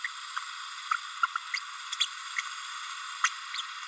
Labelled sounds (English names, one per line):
Green-rumped Parrotlet babbling